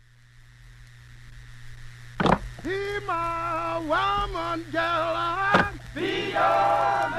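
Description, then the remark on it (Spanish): A call-and-response work song chant: a lone lead voice sings drawn-out, wavering lines while others answer in the background, punctuated by two sharp percussive strikes, over a steady low hum of background noise. “donde se puede escuchar a la persona que lidera este canto y de fondo los demás que le van contestando.”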